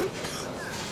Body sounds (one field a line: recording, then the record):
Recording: coughing mixed with background sound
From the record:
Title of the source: 30 Chesty and wet cough